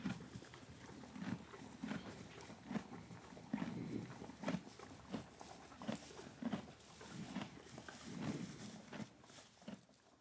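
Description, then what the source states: Horse chewing feed, rhythmic crunchy bites with soft rustling between chews. Horse recorded while feeding.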